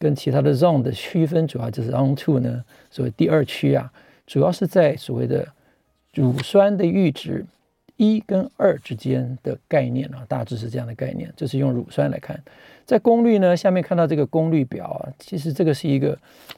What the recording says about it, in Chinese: 我的声音这个非常的沙哑，因为刚刚动完手术，恢复的时间比我预期的要慢啊。 今天就请各位忍耐一下我这个沙哑的声音。